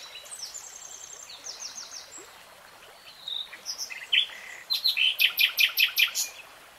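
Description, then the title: Nightingale song with thin whistles and scattered notes building to a loud, rhythmic series of repeated chirps near the end. Nightingale singing in real time. "[Tiếng chim hót] 3 Hours REALTIME Nightingale Singing"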